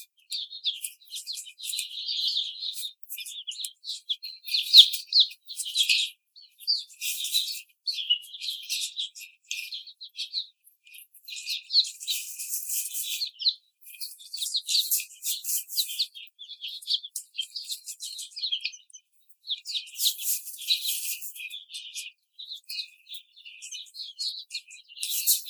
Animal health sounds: young laying hens in a cage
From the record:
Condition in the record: treatment cage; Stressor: simulated dog barking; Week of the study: 5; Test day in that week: 1

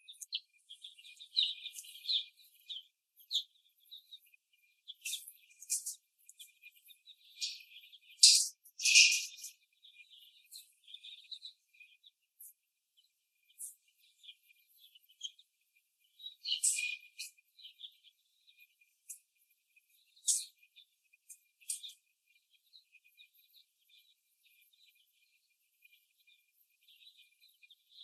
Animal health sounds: young laying hens in a cage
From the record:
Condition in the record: before the stressor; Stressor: simulated dog barking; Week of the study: 1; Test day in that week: 2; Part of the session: 1

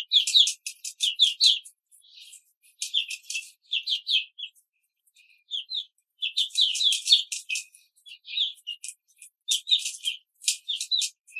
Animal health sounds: young laying hens in a cage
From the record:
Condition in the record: control cage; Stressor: none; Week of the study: 5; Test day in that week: 1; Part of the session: 3

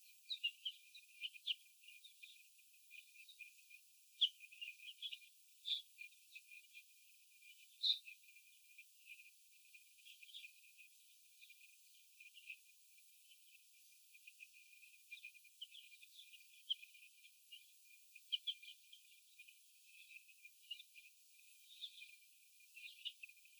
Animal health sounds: young laying hens in a cage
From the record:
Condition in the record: before the stressor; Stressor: sudden umbrella opening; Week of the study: 2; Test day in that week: 1

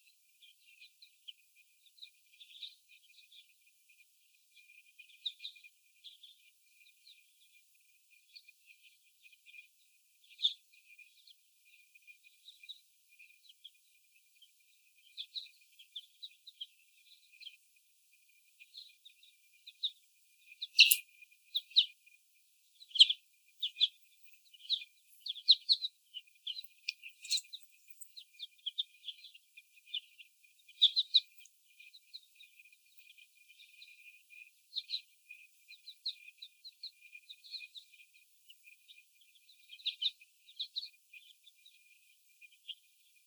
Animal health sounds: young laying hens in a cage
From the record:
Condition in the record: before the stressor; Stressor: sudden umbrella opening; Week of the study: 1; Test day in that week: 1

